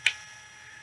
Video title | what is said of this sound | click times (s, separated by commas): Red Look Delta Cleats -The long version of why some have a challenge clipping in. | uh so what happens when this one went down into it it clicked in okay | 0.1 s